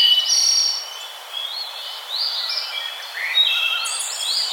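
Bird chirps and short whistled notes, high and bright, some rising and falling, overlapping in a busy chorus above steady background hiss.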